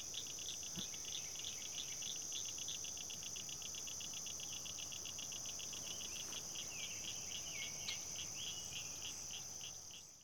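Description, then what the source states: Spring peepers calling in a chorus: short high peeps repeated rapidly in a steady series, over a constant high insect-like whine. Recorded in summer.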